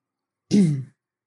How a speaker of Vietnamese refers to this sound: Căn phòng lập tức chìm trong bóng tối. Trong màn đêm đen kịch, Nhan Như Ngọc hắng giọng.